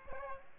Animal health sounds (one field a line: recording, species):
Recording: mosquito wingbeat signal from an infrared sensor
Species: Aedes albopictus